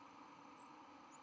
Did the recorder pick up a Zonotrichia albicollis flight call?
no